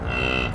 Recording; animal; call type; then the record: contact call of a hoofed animal; cattle; low-frequency (closed-mouth) or high-frequency (open-mouth) call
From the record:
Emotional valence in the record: negative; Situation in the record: full separation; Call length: 0.55 s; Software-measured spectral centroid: 1990 Hz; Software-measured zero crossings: 2900 a second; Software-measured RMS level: -24 dBFS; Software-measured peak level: -9 dBFS